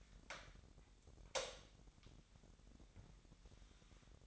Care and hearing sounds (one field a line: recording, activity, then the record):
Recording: daily activity, microphone in the room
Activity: light on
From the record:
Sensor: 3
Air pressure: 1011.9 hPa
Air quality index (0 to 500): 233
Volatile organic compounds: 5 ppm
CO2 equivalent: 1732 ppm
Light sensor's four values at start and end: 14/34/14/15 and 17/43/18/18